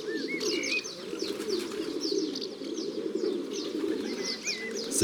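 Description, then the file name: Rock doves coo in a continuous low rumbling chorus while sharp chirps and short rising whistles from other birds repeat over it. Domestic form of the rock dove. "Pigeon domestique biset ABC des chants doiseaux"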